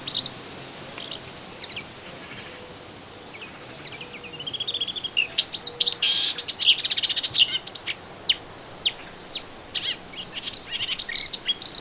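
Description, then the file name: Melodious warbler song: scattered high twittering notes at first, building to a busier run of rapid chirps and buzzy phrases in the middle, then sparser notes again. Recorded in a garden on 25 June 2017. "Orpheusspötter 2017 06 25 Garten"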